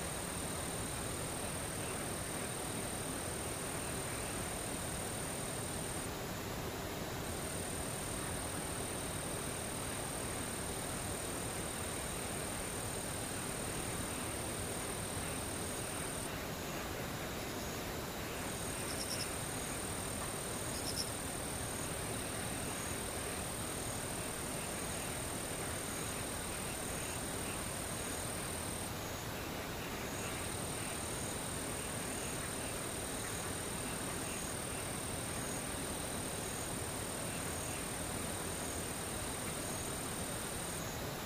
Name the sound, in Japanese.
ムシ